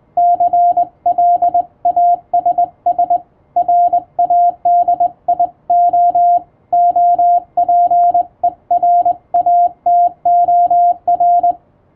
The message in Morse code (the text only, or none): CLASS RADIO OPERATOR